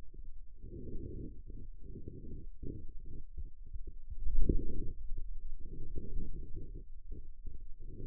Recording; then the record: forearm muscle sounds (acoustic myography)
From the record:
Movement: pen grasping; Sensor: system 2, bracelet of six BSWA MPA416 microphones around the upper forearm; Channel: 5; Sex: male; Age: 22 years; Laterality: right